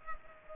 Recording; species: mosquito wingbeat signal from an infrared sensor; Culex pipiens